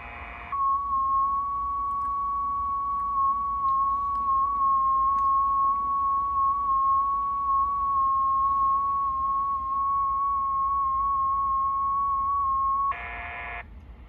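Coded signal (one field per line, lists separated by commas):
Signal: FT8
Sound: a steady, slightly warbling tone for about thirteen seconds, with noise bursts at start and end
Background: room noise, low hum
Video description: Primeiro mostro a transmissão em FT8 (computador e HF), depois o Sommerkamp recebendo este sinal de dentro de casa. Apenas para ouvir o sinal de CQ.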